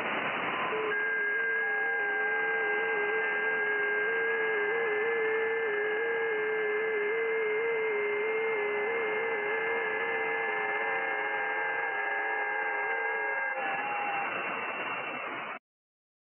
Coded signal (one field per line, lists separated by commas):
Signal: FT8